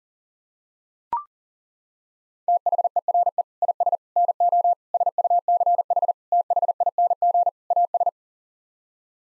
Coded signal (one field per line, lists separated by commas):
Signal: Morse code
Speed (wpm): 40 wpm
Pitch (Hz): 700 Hz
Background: none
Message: THERE IS NO SUCH THING AS